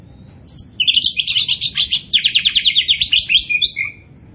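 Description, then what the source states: Oriental magpie-robin delivering a fast, rhythmic trill of repeated sweet notes lasting about three seconds, starting with a whistled note. Singing in full voice ('gacor'); Indonesian name kacer poci.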